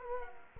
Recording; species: mosquito wingbeat signal from an infrared sensor; Culex quinquefasciatus